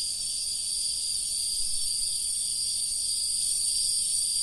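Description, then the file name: Crickets producing a dense, continuous high buzzing chorus, with no pauses and no other clear sounds. "Grillen"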